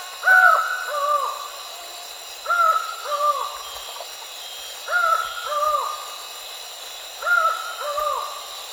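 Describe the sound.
Laughing falcon calling in repeated two-note phrases, a higher hollow note then a lower one, recurring about every two and a half seconds over a steady background hiss.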